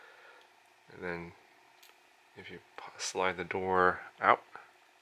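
Someone talks while handling the small plastic sliding door over the SD card slot on a small FPV/HD camera, about to slide it outwards to close and lock it over the card so the card can't pop out in a crash. Nothing has snapped shut or locked yet when the clip ends.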